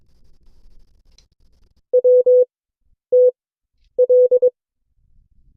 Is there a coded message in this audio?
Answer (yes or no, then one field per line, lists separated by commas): yes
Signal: Morse code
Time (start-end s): 1.9-4.5 s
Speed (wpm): 22 wpm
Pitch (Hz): 500 Hz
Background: none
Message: W T L